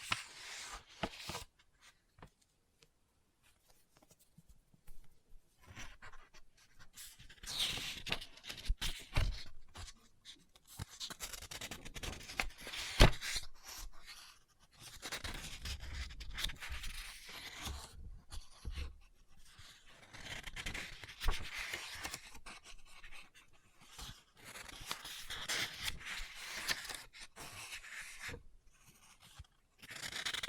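Book tapping, scratching and page turning come in uneven bursts, with short quiet gaps between them. Dry, bright scratches and rustles dominate, broken by sharp taps, a few of them heavier thumps around the middle. The activity stays fairly dense throughout.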